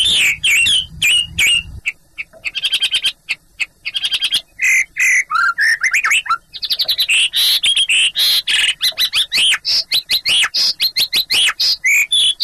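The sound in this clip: Chinese hwamei song, a loud rapid run of varied whistled and slurred phrases, many notes rising and falling, delivered almost without pause.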